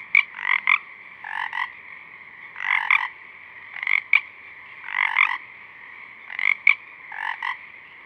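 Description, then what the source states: Pacific chorus frogs calling in a chorus, repeated two-part ribbeting croaks over a steady background of more frogs. A few small frogs singing at dusk, recorded through a parabolic reflector.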